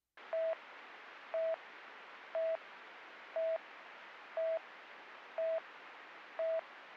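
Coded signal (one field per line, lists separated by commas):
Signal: none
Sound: radio channel beeps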